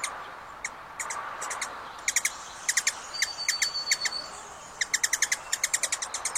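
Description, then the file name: Ruby-throated hummingbird uttering series of crisp, high tick notes, spaced at first then quickening into tight runs near the end, over soft background hiss. "Canto do beija flor da garganta vermelha"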